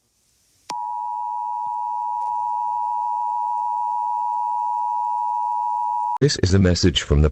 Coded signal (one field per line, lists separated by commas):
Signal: Emergency Alert System (SAME) tones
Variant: 853 and 960 Hz attention tone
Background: speech